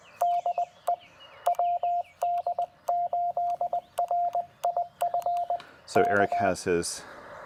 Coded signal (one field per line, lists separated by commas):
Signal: Morse code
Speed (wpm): 19 wpm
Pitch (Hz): 700 Hz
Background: speech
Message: DE WD8RIF K